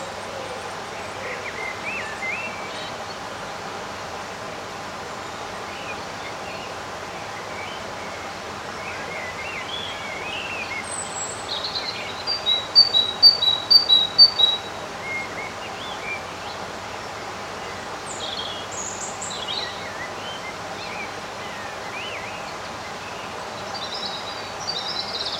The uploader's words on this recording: Experience the magic of an almost windless summer day. Birds sing their sweet melodies.